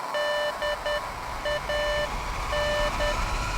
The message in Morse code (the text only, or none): DAN